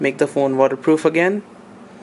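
Someone talks while handling the plastic/rubber microSD card slot cover on a Sony Xperia Z3 smartphone, with the memory card already firmly in place, about to close the cover onto the phone body to make it waterproof again. The speech ends around 1.4 s, leaving only a faint low background hiss. Nothing has seated or clicked yet; the cover is not yet pressed shut.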